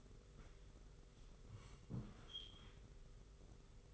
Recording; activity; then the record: daily activity, microphone in the room; sit down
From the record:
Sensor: 4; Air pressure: 991.3 hPa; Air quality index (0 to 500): 137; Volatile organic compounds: 55 ppm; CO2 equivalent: 3355 ppm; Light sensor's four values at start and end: 24/79/29/30 and 25/79/29/31